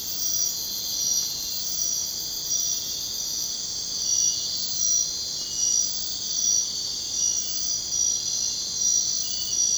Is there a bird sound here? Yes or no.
no